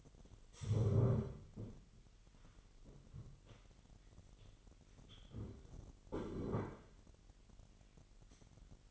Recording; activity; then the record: daily activity, microphone in the room; stand up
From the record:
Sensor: 4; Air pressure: 999.3 hPa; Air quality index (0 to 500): 113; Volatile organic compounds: 2 ppm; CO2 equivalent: 1113 ppm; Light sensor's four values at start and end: 11/27/11/12 and 12/27/11/12